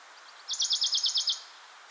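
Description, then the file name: Western Bonelli's warbler trill: a few soft lead-in notes, then a rapid, dry rattle of about eight notes, evenly spaced and ending sharply. "pouillotdebonelli"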